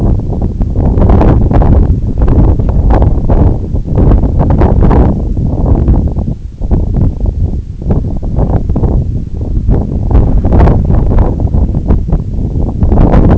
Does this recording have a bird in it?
no